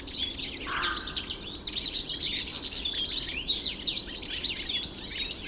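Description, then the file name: European goldfinch twittering song, rapid high chirps and buzzy trills running without a break. One lower, softer note sounds near the start. Recorded in Landshut Hofgarten on 3 February 2015. "Stieglitz 03 02 2015 Landshut Hofgarten Susanne Rieck"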